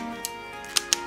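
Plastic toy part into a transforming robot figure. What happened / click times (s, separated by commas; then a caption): The plastic part snapped into place / 0.8 s, 0.9 s. A plastic toy part, reversed, is fitted back onto a DX BC-04 Beet (Go-Buster Beet) transforming robot figure from Power Rangers Beast Morphers. Over a steady tonal background, a faint tick at 0.25 s is followed by two sharp plastic clicks at 0.8 s and 0.9 s as the part seats in place.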